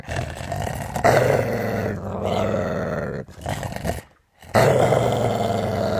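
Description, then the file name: Dog growling deeply in sustained rumbles, with a brief quiet gap before one more strong growl. "suono cane che ringhia"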